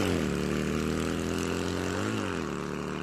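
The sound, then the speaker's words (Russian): A BMW motorcycle with a sidecar roars steadily and loudly as it speeds off, its buzzing drone rising briefly in pitch near the end before settling lower again. “Мотоцикл, взревев, понесся навстречу ужасным приключениям.”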